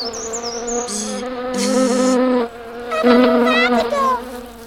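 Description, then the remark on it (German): A small ladybird's steady, low-pitched buzzing drones throughout, swelling louder in bursts and briefly dipping, with thin high chirps flickering above it. “Ein kleines Marienkäferchen.”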